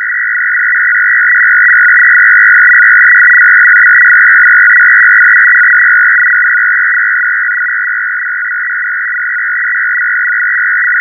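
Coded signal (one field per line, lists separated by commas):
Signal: numbers station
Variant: F01 FSK, 500 Hz shift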